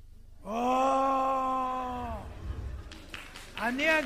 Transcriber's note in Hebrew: מחיאות כפים